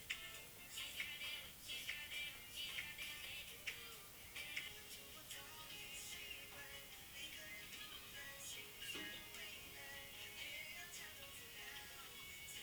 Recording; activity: daily activity, guitar pickup as the sensor; browse video